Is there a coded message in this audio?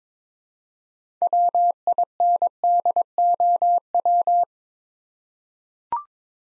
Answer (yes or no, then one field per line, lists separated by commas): yes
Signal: Morse code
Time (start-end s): 1.2-4.4 s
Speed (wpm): 22 wpm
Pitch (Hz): 700 Hz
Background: none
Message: WINDOW